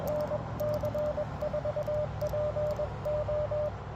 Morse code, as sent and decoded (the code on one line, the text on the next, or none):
-. -.-. ....- .--. ---
NC4PO